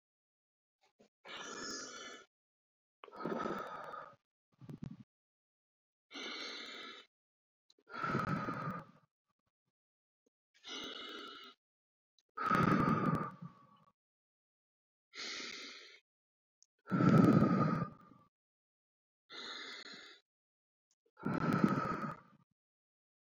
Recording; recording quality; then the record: deep breathing; excellent, no background noise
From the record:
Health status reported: healthy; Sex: female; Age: 55 years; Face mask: not worn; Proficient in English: no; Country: France